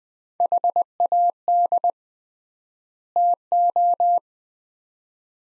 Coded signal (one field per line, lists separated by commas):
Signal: Morse code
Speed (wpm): 20 wpm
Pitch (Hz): 700 Hz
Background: none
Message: HAD TO